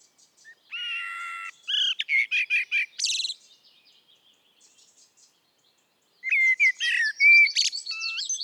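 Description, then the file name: Common blackbird song: a steady held note, then a quick series of repeated chirps, a pause, and a closing burst of high twittering. "Turdus merula"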